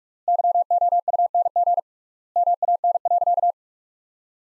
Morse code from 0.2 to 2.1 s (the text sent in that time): YOUNG